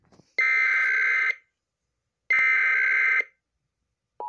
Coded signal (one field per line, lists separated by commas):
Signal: Emergency Alert System (SAME) tones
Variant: header bursts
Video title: EAS #366 - MD RMT on WTGR